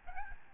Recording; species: mosquito wingbeat signal from an infrared sensor; Aedes albopictus